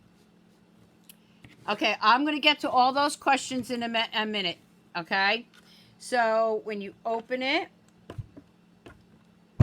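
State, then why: Seated. A woman talks as she opens a compact manual die-cutting machine, its hinged plastic platform folding out. The platform clicks into its open position at 8.1 s and 8.9 s, seating in place.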